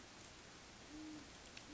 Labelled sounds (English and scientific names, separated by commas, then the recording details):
Great Horned Owl (Bubo virginianus)
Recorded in Sonoma County, California